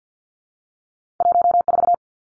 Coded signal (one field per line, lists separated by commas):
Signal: Morse code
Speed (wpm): 48 wpm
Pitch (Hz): 700 Hz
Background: none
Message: 14